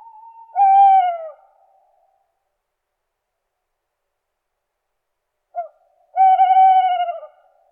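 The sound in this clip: Owl hooting: two drawn-out, slightly falling hoots separated by a long silent gap, the second preceded by a brief short note; no other sounds.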